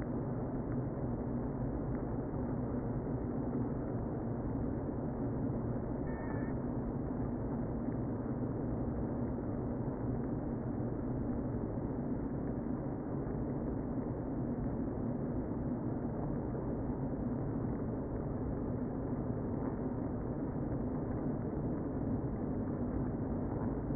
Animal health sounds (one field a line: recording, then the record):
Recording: honeybee colony, microphone inside the hive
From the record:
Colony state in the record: queen present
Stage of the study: before two queens were removed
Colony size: about 60,000 bees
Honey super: yes